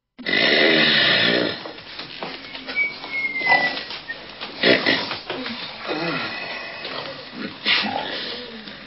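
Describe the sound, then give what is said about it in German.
Loud, rasping snoring from sleepy guests at a wedding ceremony opens with a long harsh snore, followed by a string of rough snorts and grunting breaths that rise and fall unevenly, as if several sleepers overlap. “Bald war die Zeremonie von lautem Schnarchen begleitet.”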